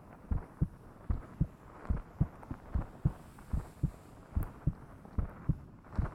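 Normal adult heartbeat heard close to the chest, with the listener's head pressed against it. A steady rhythm of about 75 beats per minute.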